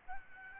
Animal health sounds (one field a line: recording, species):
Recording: mosquito wingbeat signal from an infrared sensor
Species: Aedes albopictus